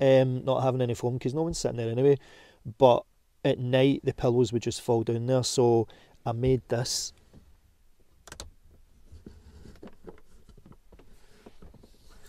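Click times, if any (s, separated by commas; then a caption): 8.3 s, 8.4 s. Someone talks, then a homemade, unpainted wooden bed extension board is dropped into its support brackets on a micro camper bed to fill the gap where pillows kept falling down. A sharp cluster of knocks sounds at 8.3, 8.3 and 8.4 seconds as it seats, followed by a few faint taps near 9.9 and 10.1 seconds. The panel locks into place in the brackets.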